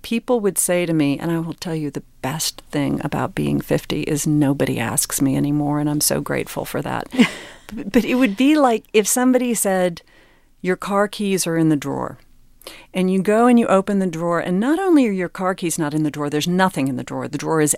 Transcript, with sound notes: People would say to me - and I will tell you the best thing about being 50 is nobody asks me anymore, and I'm so grateful for that.
(LAUGHTER)
But it would be like if somebody said, your car keys are in the drawer, and you go and you open the drawer. And not only are your car keys not in the drawer, there's nothing in the drawer.